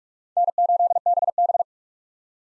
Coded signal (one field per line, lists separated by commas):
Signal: Morse code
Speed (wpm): 43 wpm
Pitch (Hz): 700 Hz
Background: none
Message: N8BB